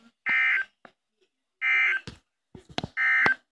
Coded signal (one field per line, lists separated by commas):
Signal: Emergency Alert System (SAME) tones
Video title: Severe Thunderstorm Warning Putnam IL